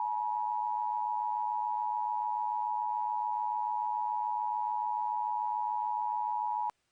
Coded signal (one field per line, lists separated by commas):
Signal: Emergency Alert System (SAME) tones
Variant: 853 and 960 Hz attention tone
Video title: EAS Scenario: Attack Of Molkrom